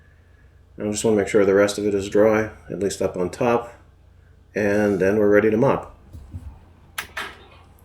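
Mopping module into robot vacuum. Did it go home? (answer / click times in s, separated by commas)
no / none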